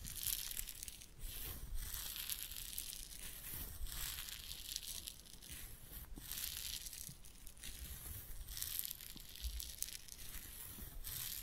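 Head massage and ear cleaning make dense, bright crinkling and rubbing scratches that pulse unevenly, with brief dips in between and a low rumble beneath.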